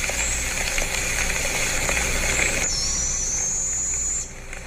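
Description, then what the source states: A young barred owl gives a long, piercing high call against heavy, steady background noise. Young barred owl, Mount Airy, Maryland; enhanced and extended recording; very high-pitched sound heard three times with much background noise.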